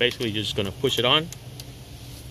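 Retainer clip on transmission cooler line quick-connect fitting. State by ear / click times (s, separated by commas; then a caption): seated / 1.6 s. A plastic retainer clip that comes with the new line is pushed onto the quick-connect fitting of a transmission oil cooler line on a 2013 Chevrolet Suburban with HD cooling, covering the clip so it doesn't pop out. Someone talks for the first second or so, then a short, sharp click at 1.6 s marks the retainer snapping on and seating.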